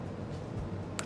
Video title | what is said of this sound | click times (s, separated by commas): [Livestream Archive] HG Gundam Beyond Global | let's hear it again yeah that clicky sound | 1.0 s